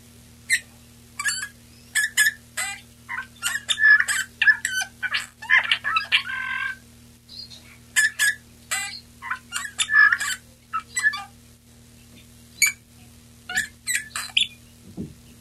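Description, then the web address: Eurasian bullfinch song: a steady run of short creaky, scratchy notes mixed with brief soft piping whistles, with a pause near eleven seconds, over a constant low electrical hum. Male; recorded 23 March 1992. "Male Pyrrhula pyrrhula. pyrrhula 23 03 92"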